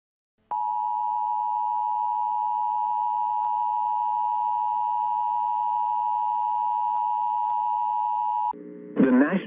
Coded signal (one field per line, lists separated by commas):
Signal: Emergency Alert System (SAME) tones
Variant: 853 and 960 Hz attention tone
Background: speech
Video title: Correcting Misinformation Around International Emergency Alert Systems